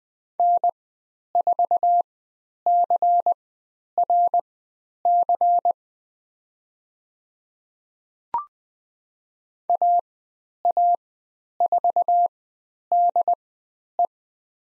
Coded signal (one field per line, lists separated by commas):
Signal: Morse code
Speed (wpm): 20 wpm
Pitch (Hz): 700 Hz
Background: none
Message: N4CRC AA4DE